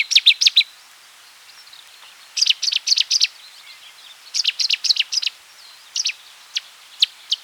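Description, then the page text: Cetti's warbler song: loud, explosive bursts of sharp, high notes in abrupt phrases separated by pauses, then a few single notes. "Cettis Warbler Song and Calls. Quick Sounds"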